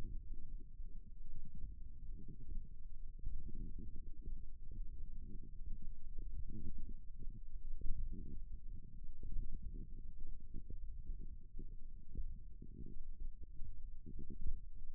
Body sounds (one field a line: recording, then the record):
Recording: forearm muscle sounds (acoustic myography)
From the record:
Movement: index flexion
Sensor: system 1, eight BSWA MPA416 microphones around the upper forearm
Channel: 8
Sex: female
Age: 21 years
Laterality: right